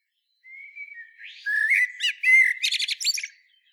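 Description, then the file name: Common blackbird singing: a thin whistled lead-in, then a mellow warble, ending in a rapid run of high, scratchy twittering notes. "Turdus merula"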